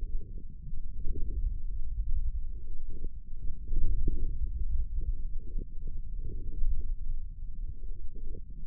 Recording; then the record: forearm muscle sounds (acoustic myography)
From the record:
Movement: forearm supination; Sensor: system 1, eight BSWA MPA416 microphones around the upper forearm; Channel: 5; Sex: male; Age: 28 years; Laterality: right